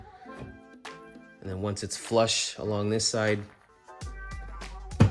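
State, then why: Seated. Someone talks over background music while a Subaru Outback Wilderness tail light housing, sitting flush along its side, is pushed onto the side clips on the car body. A gentle click at 5.0 s marks the housing snapping into place, fully seated.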